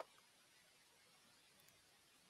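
A washable plastic vacuum filter is handled and lined up with the dust can before being pushed in and turned a quarter turn to lock. Only quiet handling noise is heard, with a faint tick near 1.7 s. The filter has not been pushed in or locked yet.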